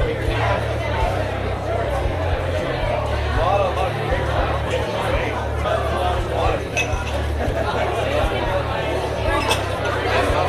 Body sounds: background sound without coughing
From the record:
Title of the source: CITY SOUNDS Busy Bar in the Evening Night - 2 HOURS of Ambiance for Relaxation

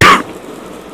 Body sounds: coughing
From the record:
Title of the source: 31 night wet cough

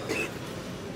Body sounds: coughing mixed with background sound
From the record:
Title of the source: 61 morning phlegmy cough...again

